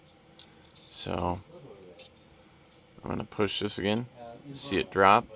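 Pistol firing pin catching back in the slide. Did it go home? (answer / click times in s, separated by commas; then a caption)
yes / 0.4 s. A Glock 19 pistol slide is held muzzle down while the dropped firing pin is pushed back up until it catches in the slide. A very light click is heard at 0.4 s as the firing pin resets, and someone talks. The firing pin is seated again.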